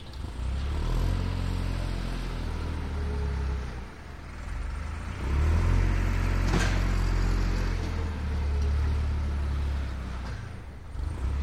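A tractor works through fresh snow with a deep, muffled engine hum that stays low and steady, easing slightly near four and eight seconds before swelling again. A single sharp scrape or knock cuts through just past six seconds.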